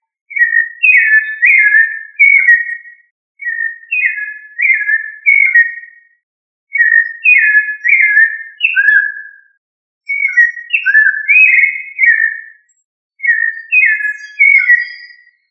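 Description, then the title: Thrush singing five varied whistled phrases of quick, slurred, melodious notes, each phrase about two and a half seconds long, with short silent gaps between phrases. Thrush family Turdidae. "Familia Turdidae - Sabia"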